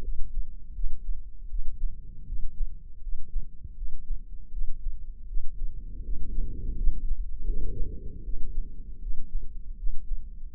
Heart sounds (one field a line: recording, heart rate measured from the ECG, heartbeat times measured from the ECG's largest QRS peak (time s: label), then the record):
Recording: heart sounds by microphone in the left ear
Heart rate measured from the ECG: 80 bpm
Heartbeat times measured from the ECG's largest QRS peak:
0.02 s: heartbeat
0.74 s: heartbeat
1.49 s: heartbeat
2.27 s: heartbeat
3.02 s: heartbeat
3.76 s: heartbeat
4.51 s: heartbeat
5.27 s: heartbeat
6.04 s: heartbeat
6.76 s: heartbeat
7.46 s: heartbeat
8.24 s: heartbeat
9.01 s: heartbeat
9.77 s: heartbeat
10.52 s: heartbeat
From the record:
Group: healthy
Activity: rest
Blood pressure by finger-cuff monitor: 173/92 mmHg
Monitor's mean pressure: 110 mmHg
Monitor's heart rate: 80 bpm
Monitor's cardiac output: 8 L/min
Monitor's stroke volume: 99 mL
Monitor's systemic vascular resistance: 1010 dyn s/cm5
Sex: male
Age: 57 years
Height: 188 cm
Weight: 106 kg